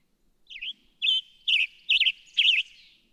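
Rough, burry Western tanager song phrases, five short slurred notes repeated at a brisk, even pace.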